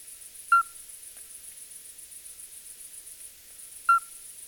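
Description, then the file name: Common midwife toad: two whistled piping notes spaced over three seconds apart, with a thin high buzzing drone in the background. "crapaud accoucheur"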